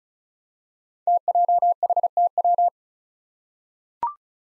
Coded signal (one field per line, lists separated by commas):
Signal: Morse code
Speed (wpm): 36 wpm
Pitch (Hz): 700 Hz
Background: none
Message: TJHTW